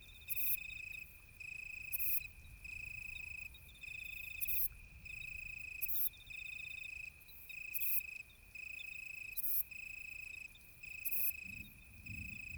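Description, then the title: Italian tree cricket giving a clear, even trill in regular phrases, interrupted by short harsh buzzes from another insect, with a faint low rumble beneath. Moonless, pitch-dark night during a thunderstorm with occasional lightning; vine ephippiger audible in the background. "naturophonie. Un grillon sous l'orage"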